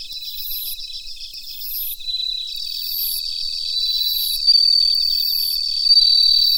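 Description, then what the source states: Bell cricket chirping, bright high pulses repeating quickly, with a long steady tone and other cricket trills overlapping throughout; short high bursts recur regularly. Recorded together with Mitsukado cricket.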